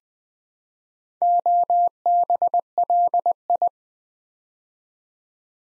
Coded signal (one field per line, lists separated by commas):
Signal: Morse code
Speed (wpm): 20 wpm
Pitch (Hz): 700 Hz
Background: none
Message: OBLI